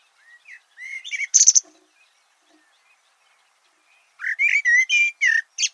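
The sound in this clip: Bird gives soft rising whistles and a harsh, noisy note, then after a pause a lively run of clear slurred whistles.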